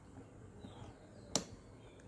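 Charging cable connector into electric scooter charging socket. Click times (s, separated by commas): 1.4 s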